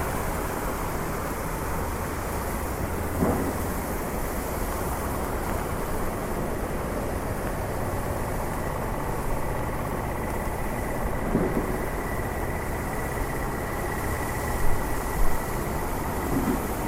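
A street in Switzerland: a steady, dense wash of rain and passing traffic, with a few brief louder bumps near fifteen seconds.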